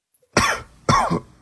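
Two short, harsh cough bursts from an adult, about half a second apart, with no other sounds.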